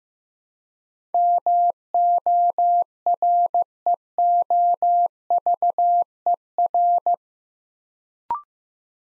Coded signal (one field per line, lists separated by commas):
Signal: Morse code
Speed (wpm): 15 wpm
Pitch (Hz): 700 Hz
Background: none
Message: MOREOVER